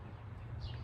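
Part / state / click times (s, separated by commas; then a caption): plastic planter tier onto the planter stack / not seated / none. A plastic vertical garden planter tier is lined up and pressed onto the tier below it in the planter stack. A steady low rumble runs throughout, with a brief faint higher tone around 0.6 to 0.8 seconds. Nothing has clicked into place yet.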